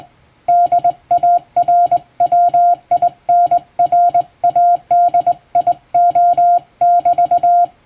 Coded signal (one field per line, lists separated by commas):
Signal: Morse code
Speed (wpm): 20 wpm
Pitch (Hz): 700 Hz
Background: music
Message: DARWINRADIO<BT>